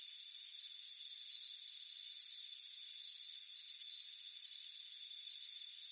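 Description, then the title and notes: Crickets chirp in shrill, rapid trills of varying length, coming in quick succession over a steady high background tone. Crickets chirping on a warm afternoon by a front porch. "Soothing Crickets Chirping Sound. It's a warm afternoon as you relax in a hammock on the front porch. Relax and fall asleep to the soothing sound of chirping crickets. Deep Sleep Sounds"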